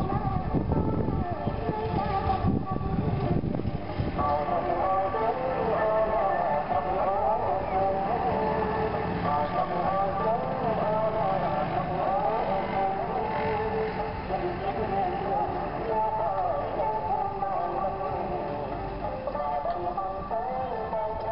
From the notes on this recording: Recorded music (female and male singing) playing in a outdoor restaurant near the Sangker river in Krong Battambang, Cambodia